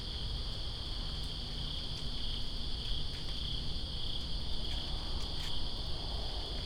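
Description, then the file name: Crickets trilling in a steady, unbroken high chorus over the constant hiss of falling rain, with occasional sharp drip clicks. Greensboro, September 2, 2017, in rain. "Greensboro Crickets And Rain September 02 2017"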